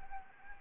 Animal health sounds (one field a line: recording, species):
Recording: mosquito wingbeat signal from an infrared sensor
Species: Anopheles gambiae